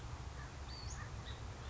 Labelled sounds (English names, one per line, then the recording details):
Western Flycatcher
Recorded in Sonoma County, California